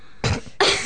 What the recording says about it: I just have a random cough. My throat has been like this all day. I've been having cranky throat today.